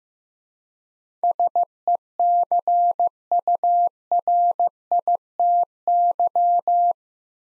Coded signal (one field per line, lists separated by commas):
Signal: Morse code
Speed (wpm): 15 wpm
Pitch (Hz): 700 Hz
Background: none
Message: SECURITY